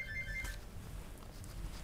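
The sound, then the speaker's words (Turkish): A mobile phone rings with a short, bright electronic warble for about half a second and then cuts off, leaving a low background hum. “Benim telefonum arkadaşım.”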